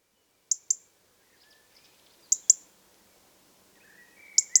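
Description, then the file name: European robin calls as hard, high ticks delivered in three evenly spaced doublets. "Erithacus rubecula"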